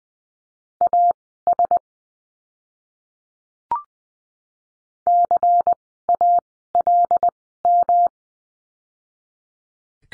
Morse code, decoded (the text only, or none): AS CALM